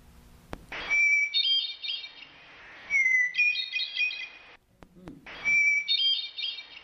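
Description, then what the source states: Hermit thrush song: three phrases about two seconds apart, each opening with a long clear whistled note, then moving into higher fluty, tumbling ornaments that fade out. Occurs in the Santa Cruz Mountains but rarely heard there; most common in New England; the song trails off.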